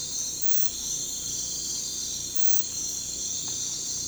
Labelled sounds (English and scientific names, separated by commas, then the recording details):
none
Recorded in pastures near Puerto Asís, Putumayo, Colombia, on 18 December 2024 at 04:00
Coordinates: 0.466, -76.322
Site G040